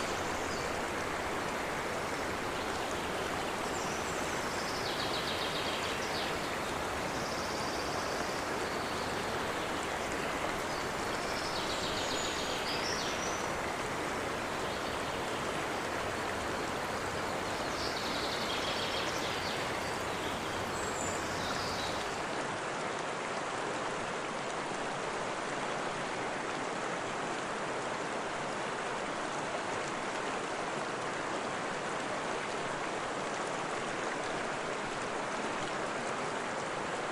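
Water rushes and babbles steadily and densely, with faint bird chirps flickering above it, mostly in the first twenty seconds.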